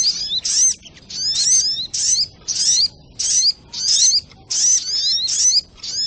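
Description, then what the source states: Little Spiderhunter song of thin, shrill descending and rising whistles in rapid phrases, about ten in quick succession. Masteran (training recording) of the Sogok Ontong, labaik.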